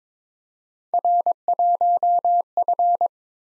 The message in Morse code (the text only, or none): R1F